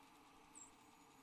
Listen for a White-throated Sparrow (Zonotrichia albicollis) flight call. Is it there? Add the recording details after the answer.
yes. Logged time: 05:25 on 8 December 2014